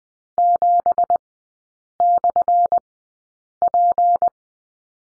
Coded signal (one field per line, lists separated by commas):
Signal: Morse code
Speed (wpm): 20 wpm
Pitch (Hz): 700 Hz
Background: none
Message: 7/P